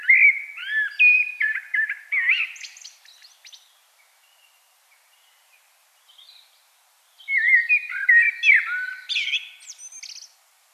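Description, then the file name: Common blackbird song: two bursts of fluty, warbling phrases ending in higher squeaky twitters, separated by a few seconds of near silence. "Turdus merula"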